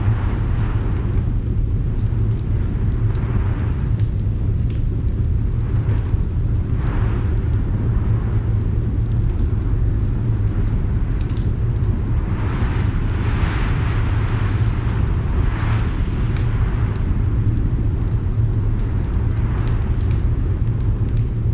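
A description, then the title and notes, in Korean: A storm wind roars steadily with a deep, heavy rumble that never lets up, while higher whooshing gusts swell and fade every few seconds. Faint, sparse crackles from a fire tick through the din, with no pauses from start to finish. 폭풍 속 아늑한 오두막 | ASMR 우렁찬 벽난로 분위기. 큰 울 러그와 지금까지 들어본 가장 웅장하고 우렁찬 불꽃이 장식된 아늑한 오두막에서 녹음되었습니다. 밖에서는 폭풍이 몰아치며, 바람이 집에 부딪쳐 기초를 흔들 위협을 가합니다.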